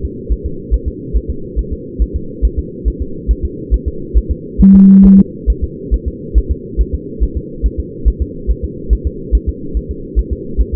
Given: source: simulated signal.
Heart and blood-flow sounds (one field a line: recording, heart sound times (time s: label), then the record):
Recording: fetal heart sounds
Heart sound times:
0.05 s: S2
0.32 s: S1
0.46 s: S2
0.74 s: S1
0.88 s: S2
1.16 s: S1
1.30 s: S2
1.59 s: S1
1.73 s: S2
2.02 s: S1
2.16 s: S2
2.45 s: S1
2.59 s: S2
2.88 s: S1
3.02 s: S2
3.31 s: S1
3.45 s: S2
3.74 s: S1
3.88 s: S2
4.18 s: S1
4.31 s: S2
4.61 s: S1
4.75 s: S2
5.06 s: S1
5.19 s: S2
5.50 s: S1
5.64 s: S2
5.94 s: S1
6.08 s: S2
6.38 s: S1
6.52 s: S2
6.81 s: S1
6.95 s: S2
7.23 s: S1
7.37 s: S2
7.66 s: S1
7.80 s: S2
8.08 s: S1
8.22 s: S2
8.50 s: S1
8.64 s: S2
8.93 s: S1
9.07 s: S2
9.35 s: S1
9.49 s: S2
9.77 s: S1
9.91 s: S2
10.19 s: S1
10.33 s: S2
10.61 s: S1
10.74 s: S2
From the record:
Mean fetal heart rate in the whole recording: 140 bpm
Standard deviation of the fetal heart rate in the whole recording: 2 bpm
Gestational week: 34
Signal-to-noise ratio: -4.3 dB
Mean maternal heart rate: 72 bpm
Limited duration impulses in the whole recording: present